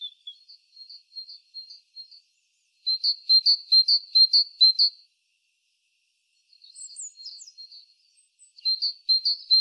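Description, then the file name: Great tit gives a high, thin call in bursts: soft scattered notes, then loud rhythmic paired notes, a pause, and a further string of repeated notes. "Parus major"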